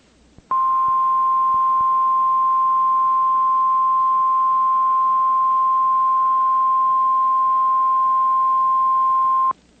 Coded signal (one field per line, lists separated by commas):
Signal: Emergency Alert System (SAME) tones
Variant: 1050 Hz attention tone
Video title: SEVERE THUNDERSTORM EAS COMPILATION MIRANDO CITY OILTON LAREDO TX JUN 3 2023 (EAS #87-95)